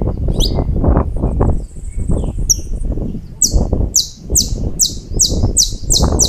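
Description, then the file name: Saffron finch song: scattered high notes at first, then a steady series of loud, sharp, descending chips roughly every third of a second, over continuous low rumble. "Canto-do-Canário-da-Terra"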